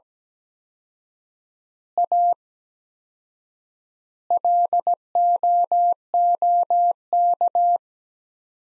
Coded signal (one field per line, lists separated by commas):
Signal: Morse code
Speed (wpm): 17 wpm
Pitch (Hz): 700 Hz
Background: none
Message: A LOOK